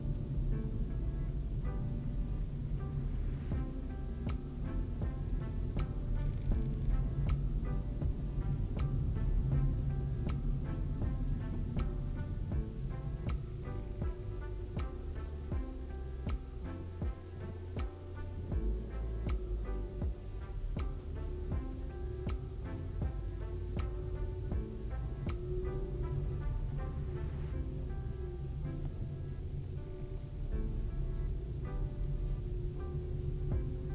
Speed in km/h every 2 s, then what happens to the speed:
32, 32, 28, 27, 32, 31, 19, 9, 0, 0, 0, 12, 12, 15, 15, 13, 15.
0-10 steady at about 31. 10-16 brakes to 0. 16-20 standing. 20-22 pulls away to 12. 22-34 steady at about 13.